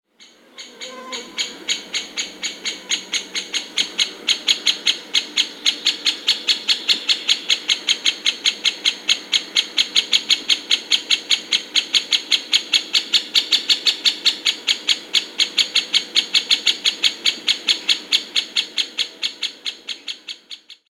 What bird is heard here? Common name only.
Great Spotted Woodpecker